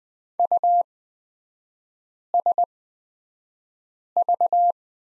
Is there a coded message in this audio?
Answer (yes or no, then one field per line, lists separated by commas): yes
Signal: Morse code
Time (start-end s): 0.4-4.7 s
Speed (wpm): 20 wpm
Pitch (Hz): 700 Hz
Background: none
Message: USV